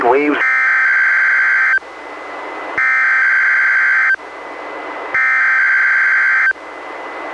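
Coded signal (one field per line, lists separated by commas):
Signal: Emergency Alert System (SAME) tones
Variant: header bursts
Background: speech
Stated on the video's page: Real NOAA Weather Radio Required Weekly Test from NWS Portland, relayed by the Astoria transmitter, received on a Reecom R-1630 weather radio and recorded with a Zoom H1.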